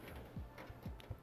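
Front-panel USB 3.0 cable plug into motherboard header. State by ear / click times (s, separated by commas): not seated / none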